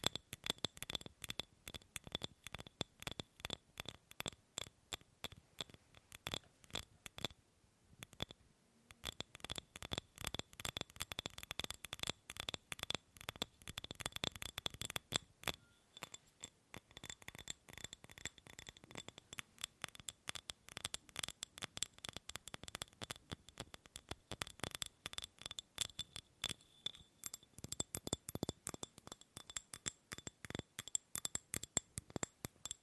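Tapping on hard objects, sharp clicky strikes with a glassy ring, coming in dense rapid runs that shift to sparser, slower taps and back. Brief pauses break the pattern around eight and fifteen seconds, and the tapping speeds up again through the last half.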